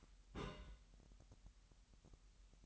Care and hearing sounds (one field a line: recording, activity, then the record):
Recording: daily activity, microphone in the room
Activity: place on stove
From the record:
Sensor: 3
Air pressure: 1002.0 hPa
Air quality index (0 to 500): 246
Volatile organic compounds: 48 ppm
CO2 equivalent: 3268 ppm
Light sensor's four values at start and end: 6/15/6/6 and 6/15/6/6